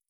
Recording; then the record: hydrophone in a shrimp aquaculture tank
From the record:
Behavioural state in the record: feeding